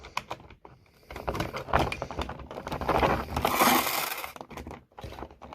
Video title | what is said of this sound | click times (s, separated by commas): Be Kind, Retro Rewind Ep. 1 (1999 Inspector Gadget from McDonald's) | in the chest it pops right in | 0.2 s